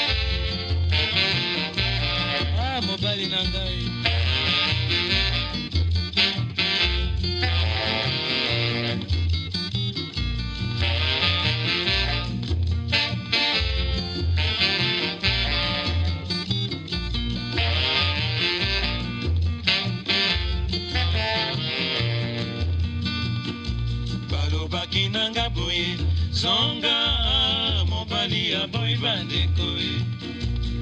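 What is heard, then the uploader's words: Congolese rumba plays throughout, with a steady bass pulse and bright, busy guitar lines layered over a constant rhythm. The music stays dense and loud from start to finish, with recurring bright bursts that may include high birdlike chirps near the end. A 56 minute radio show broadcast in Bristol UK. Congolese Rumba and Tropical Birdsong. Throughout the radio show are the sounds of tropical birds recorded by Jean Roché.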